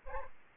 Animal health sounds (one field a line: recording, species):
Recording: mosquito wingbeat signal from an infrared sensor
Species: Aedes aegypti